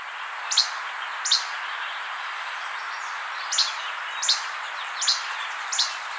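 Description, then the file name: Least Flycatcher giving crisp two-part notes, two early, then a pause of about two seconds before four more in steady succession, over constant background hiss. "Empidonax minimus - Least Flycatcher"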